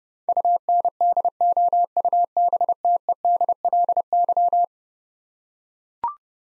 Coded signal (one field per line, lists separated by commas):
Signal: Morse code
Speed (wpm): 30 wpm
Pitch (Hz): 700 Hz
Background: none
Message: UNDOUBTEDLY